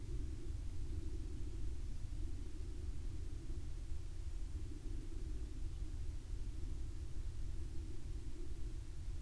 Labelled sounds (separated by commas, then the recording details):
aircraft
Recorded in the Prudhoe Bay oil fields, Alaska, on 20 May 2019 at 09:17
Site 11